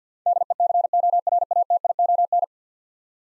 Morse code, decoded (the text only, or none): DECORATION